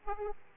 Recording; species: mosquito wingbeat signal from an infrared sensor; Aedes aegypti